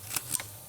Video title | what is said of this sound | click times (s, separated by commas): 2014 jetta misfire P0304 | yeah it's clicking into place so i think it's making connection | 0.4 s